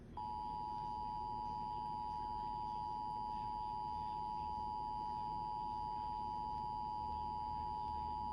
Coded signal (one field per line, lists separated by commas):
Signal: Emergency Alert System (SAME) tones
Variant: 853 and 960 Hz attention tone